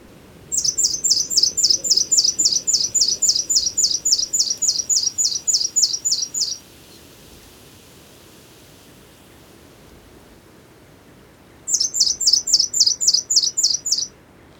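Spotted scrubwren giving a fast, very high, sibilant ticking series of about six seconds, silence, then a shorter matching burst.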